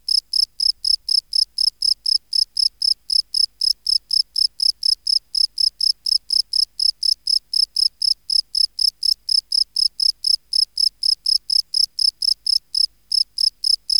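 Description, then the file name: Field cricket giving an almost unbroken train of loud, high, regular chirps in otherwise quiet surroundings. "Gryllus campestris"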